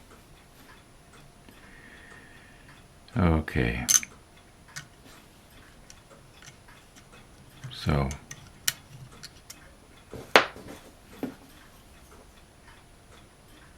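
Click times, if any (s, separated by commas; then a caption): 8.7 s, 10.4 s. Someone talks while a plastic model ship part is glued back on and its small hinges are pressed into their slots in the hull. Two sharp, loud clicks sound at 8.7 s and 10.4 s, and the hinges lock into place in the slots.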